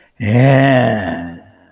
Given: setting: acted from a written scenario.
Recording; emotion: vocal sound without words; pride